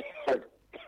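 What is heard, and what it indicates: A single short, sharp cough from an adult man bursts out between stretches of his speech, with voiced sound resuming just after. It is one dry-sounding cough interrupting talk, with no wheeze or repeated fits.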